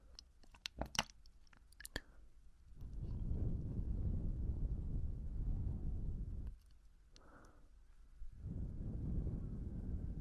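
Ear cleaning and touching: sharp clicks and crackles early on, then two long stretches of muffled, low rubbing and scratching with a quiet gap between.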